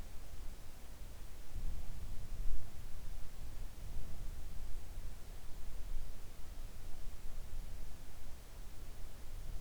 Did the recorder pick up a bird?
no